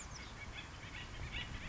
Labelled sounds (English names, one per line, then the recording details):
Acorn Woodpecker
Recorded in Sonoma County, California